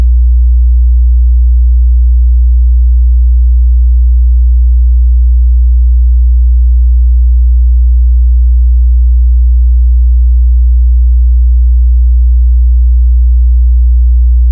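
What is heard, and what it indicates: A steady, continuous low-pitched pure sine tone, generated by a device as a test tone for tinnitus determination, used to match the pitch of one's tinnitus.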